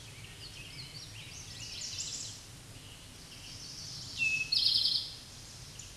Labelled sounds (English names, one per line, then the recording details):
Eastern Towhee song
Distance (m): 10 m
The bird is about 5 m above the microphone
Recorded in a Pennsylvania forest on 16 May 2024 at 09:48
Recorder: AudioMoth, point MSD-2166
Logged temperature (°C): 16.3 °C
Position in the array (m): 106 m, 8 m